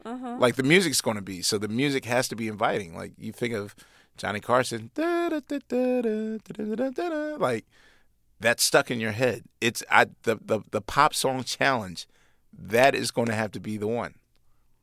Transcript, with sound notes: Like the music's going to be. So the music has to be inviting. Like, you think of Johnny Carson (hums "The Tonight Show" theme). Like, that's stuck in your head. It's the pop song challenge. That is going to have to be the one.